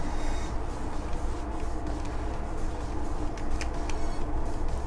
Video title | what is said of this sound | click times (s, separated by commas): I ❤️ Toys! - Episode 55 (Transformers Siege: War For Cybertron Trilogy Soundblaster and Bluestreak) | If I can get this in here. There we go. Heard it snap. Yes. | 3.6 s, 3.9 s